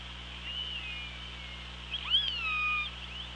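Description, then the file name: Killer whale calls: a faint drawn-out tone early, then a louder call that jumps upward and then glides down into a long, level harmonic note, over a constant hum. Recorded on an OrcaLab hydrophone, 24 August 2017 at 07:46. "Orca Lab 20170824 074610"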